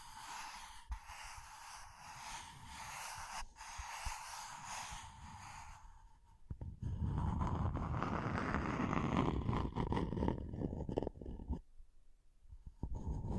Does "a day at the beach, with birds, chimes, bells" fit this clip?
no